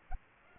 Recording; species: mosquito wingbeat signal from an infrared sensor; Aedes aegypti